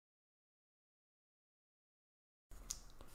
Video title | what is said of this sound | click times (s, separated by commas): Tamiya F-14A Tomcat Build Part 2: Major Assembly | and once that snaps in place there's just these little spacers | 2.7 s